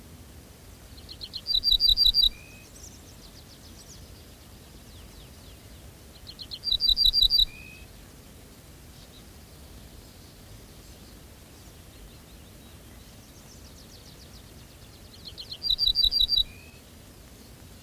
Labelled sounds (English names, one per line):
Ortolan Bunting song